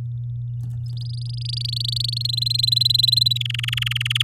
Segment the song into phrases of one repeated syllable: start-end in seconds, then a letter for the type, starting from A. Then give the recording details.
0.86-2.27 A, 2.29-3.38 B, 3.40-4.22 C. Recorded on 8 May 2018 at 11:04. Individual llb16